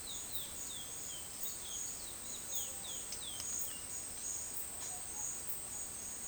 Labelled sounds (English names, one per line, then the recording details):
Chestnut-bellied Seed Finch
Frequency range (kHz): Chestnut-bellied Seed Finch 2.5-4.7 kHz
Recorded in secondary vegetation near Puerto Asís, Putumayo, Colombia, on 23 June 2025 at 10:30
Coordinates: 0.499, -76.323
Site G077